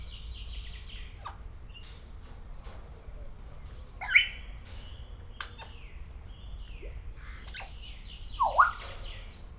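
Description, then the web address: Grey parrot calling irregularly with clicks, brief whistles, a sharp squawk midway and a V-shaped dipping whistle near the end, over low constant noise. Szeged Zoo, 2011; calling continuously every day. "allathangok szegedizoo 2011 standardt jakopapagaj folyamatosanaprankent"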